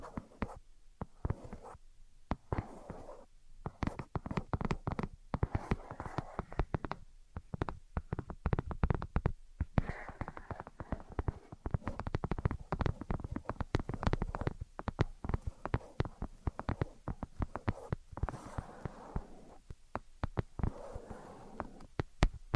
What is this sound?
Invisible Tapping and Scratching